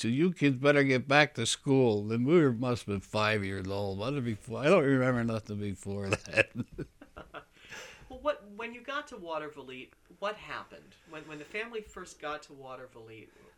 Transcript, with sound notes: She said, "You kids better get back to school." And we must have been five years old. That was before, I don't remember nothing before then. (they laugh)
Well, what, when you got to Watervliet, what happened when the family first got to Watervliet?